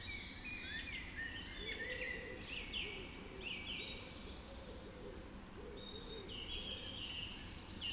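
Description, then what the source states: Birds in dawn chorus, bursts of rapid overlapping chirps and trills, with lower repeated cooing-like phrases underneath and steady background noise. Dawn chorus recorded just after dawn in the Forest of Dean.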